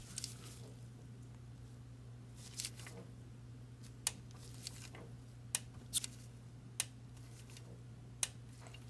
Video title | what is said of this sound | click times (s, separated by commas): Mercedes Sprinter : Cylinder Misfire Code P0301 & P16C200, Engine Runs Rough, Diag & Repair Part 2 | so right there I hope you heard the torque wrench click our injector bolt has been torqued | 4.1 s, 5.6 s, 6.8 s, 8.2 s